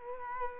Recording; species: mosquito wingbeat signal from an infrared sensor; Culex quinquefasciatus